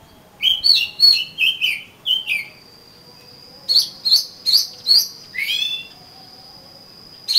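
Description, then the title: Oriental magpie-robin giving a rapid series of rich whistled notes, followed by loud sharp chips and a falling slurred phrase, with a steady high tone behind. "suara kacer"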